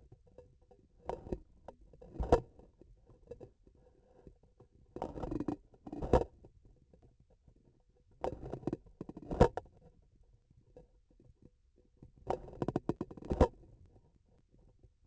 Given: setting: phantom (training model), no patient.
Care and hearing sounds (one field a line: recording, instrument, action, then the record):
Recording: laparoscopic instrument, vibration sensor on the handle end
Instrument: grasping forceps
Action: opening and closing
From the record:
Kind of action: tool actuation without material contact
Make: Olympus